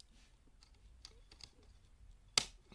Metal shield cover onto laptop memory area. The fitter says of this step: you should hear a good click there there it is